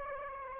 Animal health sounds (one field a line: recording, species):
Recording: mosquito wingbeat signal from an infrared sensor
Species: Aedes aegypti